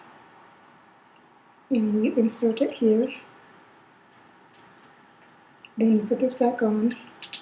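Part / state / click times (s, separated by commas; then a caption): cap onto lancing device body / not seated / none. Someone talks while handling a finger-prick lancing device: a lancet has been inserted and the plastic cap is being brought back to the device body, with faint ticks and taps between the speech. The cap has not locked on yet, and nothing has seated or clicked by the end of the clip.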